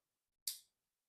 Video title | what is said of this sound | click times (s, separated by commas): Another Random Unboxing from Amazon! | which is the most important to me I really like the bit driver it locks in place um | 0.5 s